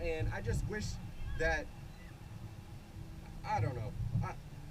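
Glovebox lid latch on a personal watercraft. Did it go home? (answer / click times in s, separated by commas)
no / none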